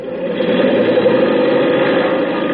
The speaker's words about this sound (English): Plane number 7, now taking off for reconnaissance.